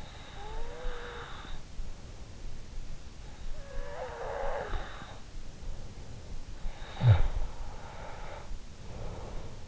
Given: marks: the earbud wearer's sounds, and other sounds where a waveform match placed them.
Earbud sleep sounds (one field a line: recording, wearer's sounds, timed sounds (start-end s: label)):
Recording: sounds in sleep by an in-ear microphone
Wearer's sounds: breath, snoring breath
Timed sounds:
0.10-2.10 s: breath
3.02-5.42 s: breath
6.62-9.68 s: snoring breath